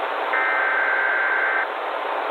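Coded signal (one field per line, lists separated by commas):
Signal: Emergency Alert System (SAME) tones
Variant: header bursts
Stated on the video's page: Fictional EAS scenario / analog horror mock alert.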